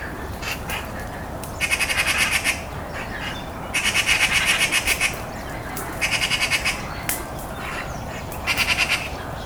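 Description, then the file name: Eurasian magpie giving harsh, rattling chatter in four separate bursts, each a rapid run of dry clacking notes, with quiet pauses between. "Pica pica"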